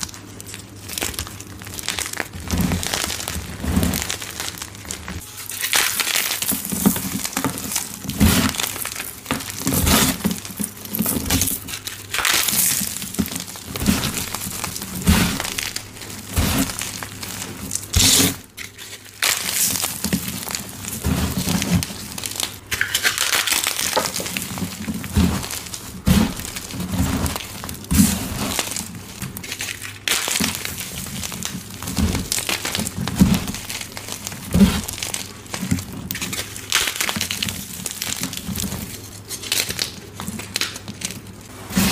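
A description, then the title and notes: Gym chalk bombs filled with soap, glitter and powder are crushed in a steady run of dry crinkling, crumbling and crackling that barely lets up for the whole 42 seconds. Brighter gritty bursts come every second or so over a low hum, with a brief lull near 18 seconds. Exploding Gym Chalk Bombs Overload. ASMR Crushing dyed gym chalk bombs filled with soap, glitter, powder and more!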